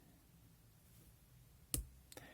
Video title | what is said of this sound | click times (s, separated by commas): Y-Concept titanium frame - temple installation (eye glass arms) | the click sound and then now it's secure it in place okay and | 1.7 s